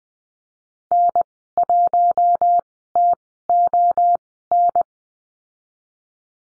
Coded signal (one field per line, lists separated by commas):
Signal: Morse code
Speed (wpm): 19 wpm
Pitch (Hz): 700 Hz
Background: none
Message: N1TON